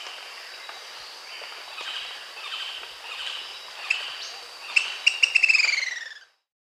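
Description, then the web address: Long-crested pygmy-tyrant song: a few spaced sharp notes speeding into a rapid descending trill of high clicks, over a steady insect-like hiss. South America. "Natures Songs S America Long-crested Pygmy-Tyrant"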